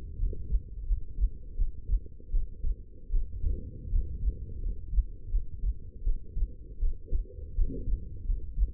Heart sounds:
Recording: heart sounds by stethoscope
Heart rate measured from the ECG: 82 bpm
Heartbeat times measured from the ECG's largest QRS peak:
0.17 s: heartbeat
0.86 s: heartbeat
1.56 s: heartbeat
2.30 s: heartbeat
3.10 s: heartbeat
3.90 s: heartbeat
4.61 s: heartbeat
5.30 s: heartbeat
6.03 s: heartbeat
6.79 s: heartbeat
7.54 s: heartbeat
8.25 s: heartbeat
From the record:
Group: healthy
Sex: female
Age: 19 years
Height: 163 cm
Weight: 51 kg

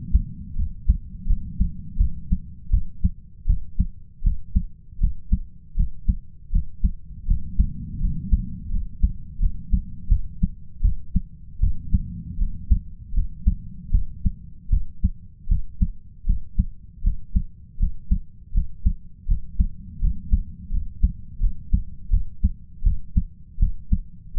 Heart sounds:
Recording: heart sounds by stethoscope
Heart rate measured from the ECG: 81 bpm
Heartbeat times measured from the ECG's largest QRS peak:
0.55 s: heartbeat
1.26 s: heartbeat
1.97 s: heartbeat
2.70 s: heartbeat
3.46 s: heartbeat
4.23 s: heartbeat
5.00 s: heartbeat
5.76 s: heartbeat
6.51 s: heartbeat
7.27 s: heartbeat
8.00 s: heartbeat
8.70 s: heartbeat
9.39 s: heartbeat
10.09 s: heartbeat
10.81 s: heartbeat
11.60 s: heartbeat
12.38 s: heartbeat
13.13 s: heartbeat
13.91 s: heartbeat
14.70 s: heartbeat
15.48 s: heartbeat
16.26 s: heartbeat
17.03 s: heartbeat
17.79 s: heartbeat
18.53 s: heartbeat
19.27 s: heartbeat
20.00 s: heartbeat
20.71 s: heartbeat
21.40 s: heartbeat
22.10 s: heartbeat
22.83 s: heartbeat
23.59 s: heartbeat
24.35 s: heartbeat
From the record:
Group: healthy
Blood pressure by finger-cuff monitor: 112/68 mmHg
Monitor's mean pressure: 81 mmHg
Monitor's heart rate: 79 bpm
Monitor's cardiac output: 7.5 L/min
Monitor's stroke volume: 96 mL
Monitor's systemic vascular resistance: 770 dyn s/cm5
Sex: male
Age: 33 years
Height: 179 cm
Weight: 80.4 kg

